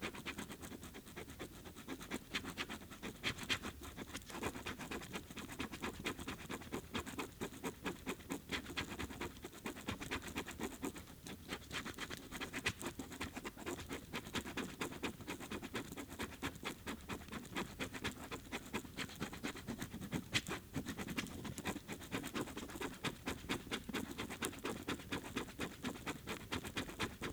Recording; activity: daily activity, guitar pickup as the sensor; write